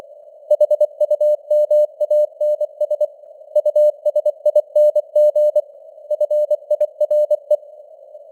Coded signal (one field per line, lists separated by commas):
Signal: Morse code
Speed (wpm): 24 wpm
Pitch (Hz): 600 Hz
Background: none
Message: HUMANS USING FIRE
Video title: Morse Code News | 2025-12-12 | 24wpm